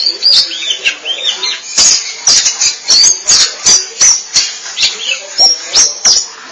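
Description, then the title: Oriental magpie-robin song opening with swooping, looping whistles, then shifting into rapid scratchy chatter. Chirping song (kicauan). "Suara Kicauan Burung Kacer"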